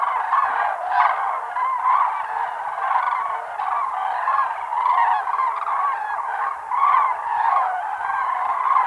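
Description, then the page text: Common crane flock calls, a dense continuous chorus of overlapping honking, trumpeting notes from many birds, swelling and fading in waves without pause. "Common Crane Flock Calls - Quick Sounds"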